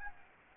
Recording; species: mosquito wingbeat signal from an infrared sensor; Aedes albopictus